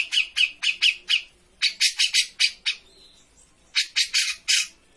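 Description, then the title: Grey-cheeked bulbul song of loud, harsh chattering notes in short bursts of several notes, with short pauses between bursts. Bird-training master recording (masteran) of a cucak jenggot in full song (gacor). "Cucak Jenggot Gacor. Masteran burung cucak jenggot ! Suaka burung"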